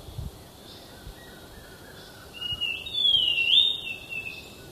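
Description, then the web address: Thrush-like schiffornis giving one clear whistled phrase, a rising note that dips and lifts again, over a soft steady background hiss. Recorded in Ecuador. "Birds of Ecuador. Thrush-Like Schiffornis"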